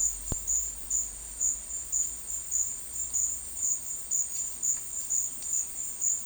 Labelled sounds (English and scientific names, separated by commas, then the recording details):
none
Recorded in secondary vegetation near Puerto Asís, Putumayo, Colombia, on 19 March 2025 at 12:30
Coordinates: 0.499, -76.323
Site G094